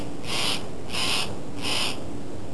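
Steller's jay giving three harsh, raspy calls, evenly spaced, over steady low background noise.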